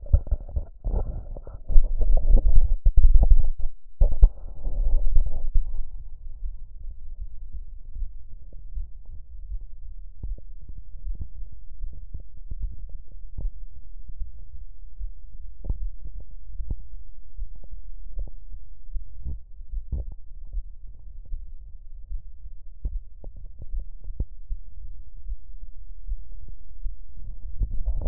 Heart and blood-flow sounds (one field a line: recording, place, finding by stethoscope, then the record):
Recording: heart sounds by stethoscope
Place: pulmonary valve (PV)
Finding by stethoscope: normal heart sounds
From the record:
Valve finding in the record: normal valve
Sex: female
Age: 80 years